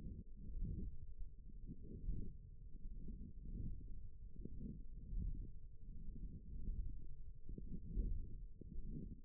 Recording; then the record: forearm muscle sounds (acoustic myography)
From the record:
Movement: wrist extension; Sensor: system 1, eight BSWA MPA416 microphones around the upper forearm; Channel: 4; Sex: female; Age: 20 years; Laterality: right